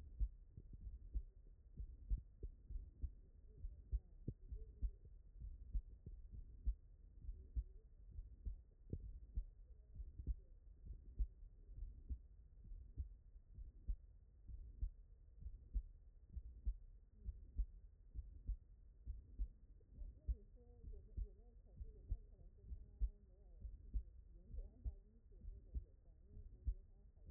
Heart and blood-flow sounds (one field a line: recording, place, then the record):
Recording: heart sounds by stethoscope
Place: tricuspid valve (TV)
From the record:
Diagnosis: HFrEF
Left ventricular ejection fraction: 21%